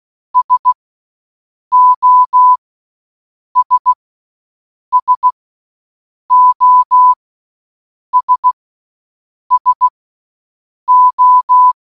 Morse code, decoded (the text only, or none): SOS SOS SO